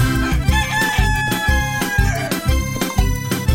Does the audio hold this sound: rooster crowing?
yes